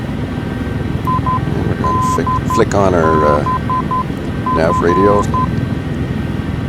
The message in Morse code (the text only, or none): IDBF